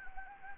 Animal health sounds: mosquito wingbeat signal from an infrared sensor; Anopheles gambiae

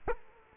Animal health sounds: mosquito wingbeat signal from an infrared sensor; Aedes aegypti

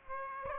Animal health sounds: mosquito wingbeat signal from an infrared sensor; Aedes aegypti

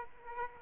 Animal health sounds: mosquito wingbeat signal from an infrared sensor; Aedes aegypti

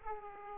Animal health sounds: mosquito wingbeat signal from an infrared sensor; Aedes aegypti

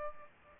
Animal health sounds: mosquito wingbeat signal from an infrared sensor; Aedes aegypti

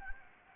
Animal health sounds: mosquito wingbeat signal from an infrared sensor; Anopheles gambiae

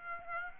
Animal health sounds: mosquito wingbeat signal from an infrared sensor; Aedes aegypti

